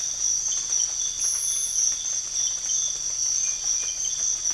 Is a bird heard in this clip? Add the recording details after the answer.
no. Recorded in dense forest near Puerto Asís, Putumayo, Colombia, on 22 December 2024 at 05:30. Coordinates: 0.484, -76.325. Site G056